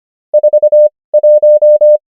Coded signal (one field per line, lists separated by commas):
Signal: Morse code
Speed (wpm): 25 wpm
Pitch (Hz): 600 Hz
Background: none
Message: 41